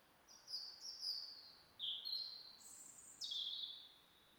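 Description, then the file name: European robin song: a series of clear, drawn-out whistled notes at different pitches, dropping, then climbing to a very high note before falling again. "Erithacus rubecula"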